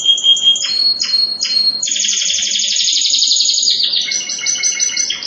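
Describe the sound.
Spanish Timbrado canary song, loud metallic chips and whistles leading into long rapid rattling trills, then a slower pulsed trill at the end.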